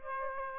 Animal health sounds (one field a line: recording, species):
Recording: mosquito wingbeat signal from an infrared sensor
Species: Aedes aegypti